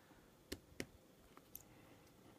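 A crimped quick-connect terminal is handled at a push button's terminal post, being slid on before it engages. A few faint sharp ticks are heard at about 0.5, 0.8, 1.4 and 1.6 seconds against a quiet background. Nothing has seated or clicked yet.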